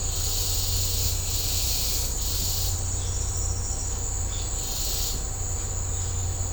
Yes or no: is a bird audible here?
no